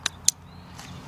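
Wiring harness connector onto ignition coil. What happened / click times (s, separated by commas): The electrical connector clicked home on the coil / 0.1 s, 0.3 s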